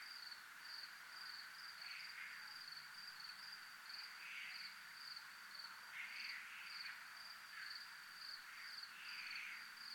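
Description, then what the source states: Crickets trilling in a high, evenly pulsed stream, with occasional louder buzzy insect bursts rising over the chorus. Crickets recorded at zona militar (military zone).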